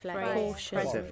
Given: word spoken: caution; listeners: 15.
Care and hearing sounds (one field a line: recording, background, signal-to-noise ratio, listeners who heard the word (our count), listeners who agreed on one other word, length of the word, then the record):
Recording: one English word in noise, from a listening test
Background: four-talker babble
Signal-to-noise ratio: -2.5 dB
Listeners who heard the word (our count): 2 of 15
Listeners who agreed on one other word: 9 of 15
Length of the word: 0.72 s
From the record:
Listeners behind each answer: 9, 2, 2, 1, 1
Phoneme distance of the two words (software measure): 17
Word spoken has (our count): 2 syllables, 4 phonemes, stress on syllable 1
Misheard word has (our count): 2 syllables, 5 phonemes, stress on syllable 1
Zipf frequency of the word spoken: 3.81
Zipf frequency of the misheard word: 3.95